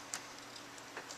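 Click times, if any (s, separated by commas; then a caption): none. A metal DIN radio removal key is handled at the slot of a car stereo, with a sharp tick at 0.1 s and a softer one near 1.0 s over a low background hiss. The key is meant to be pushed in until it snaps onto the stereo's spring catch, but nothing has seated or clicked yet.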